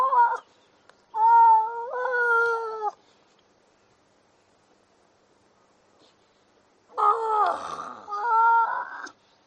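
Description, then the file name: Seal calls: two grouped bursts of harmonic moaning cries separated by several seconds of quiet, the second burst rougher and more strained. "audio hero Seal"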